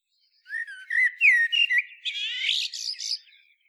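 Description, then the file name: Common blackbird song, mellow whistled phrases sliding up and down, then breaking into a dense, squeaky twittering flourish at the end. "Turdus merula"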